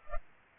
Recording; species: mosquito wingbeat signal from an infrared sensor; Culex pipiens